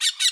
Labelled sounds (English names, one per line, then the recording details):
Brown-throated Parakeet contact call
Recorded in Bonaire
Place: just S of turnoff to Cai, near Lac Bay
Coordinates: 12.126, -68.239